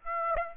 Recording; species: mosquito wingbeat signal from an infrared sensor; Aedes aegypti